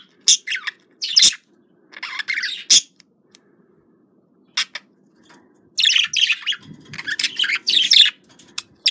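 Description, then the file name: Budgerigar chatter in scattered sharp chirps, then a dense scratchy warbling burst, with faint low background murmur. Described as a budgerigar love sound. "love budgerigar"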